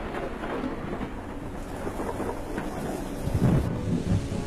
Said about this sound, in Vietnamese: Trong đêm mưa ấy, trong tiếng mưa gió vần vũ, tôi nghe tiếng gõ cửa phòng.